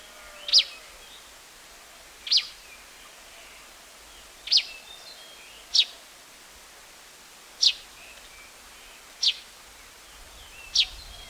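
Plain-backed sparrow giving seven short, piercing chirps at somewhat uneven intervals of one to two seconds, with faint hiss behind.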